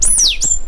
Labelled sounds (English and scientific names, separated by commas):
Stitchbird (Notiomystis cincta) song